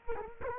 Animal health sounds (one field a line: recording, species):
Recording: mosquito wingbeat signal from an infrared sensor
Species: Culex quinquefasciatus